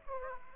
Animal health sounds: mosquito wingbeat signal from an infrared sensor; Aedes aegypti

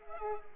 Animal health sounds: mosquito wingbeat signal from an infrared sensor; Culex pipiens

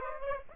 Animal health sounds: mosquito wingbeat signal from an infrared sensor; Aedes aegypti

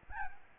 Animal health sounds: mosquito wingbeat signal from an infrared sensor; Aedes albopictus

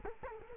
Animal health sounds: mosquito wingbeat signal from an infrared sensor; Culex quinquefasciatus

